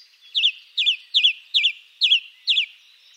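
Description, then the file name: Song thrush song: one sharp, down-slurred whistled note repeated six times at a steady pace, about every half second, clear and bright. "Grive musicienne"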